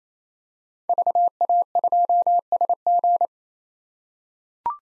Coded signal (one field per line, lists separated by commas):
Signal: Morse code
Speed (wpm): 28 wpm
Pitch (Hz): 700 Hz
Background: none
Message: VA2SG